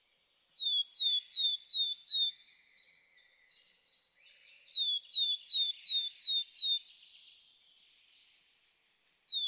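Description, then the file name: Willow tit repeating clear falling whistles in fast series, two phrases of about five to six notes, with a third phrase beginning as the recording ends. "Weidenmeise"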